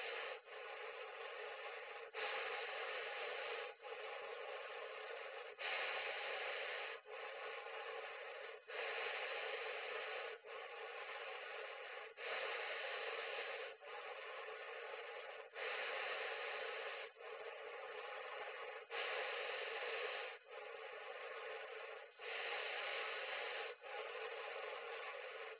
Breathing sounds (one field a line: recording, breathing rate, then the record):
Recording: paced breathing near a phone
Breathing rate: 18 breaths a minute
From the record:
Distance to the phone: 20 cm